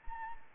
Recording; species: mosquito wingbeat signal from an infrared sensor; Anopheles arabiensis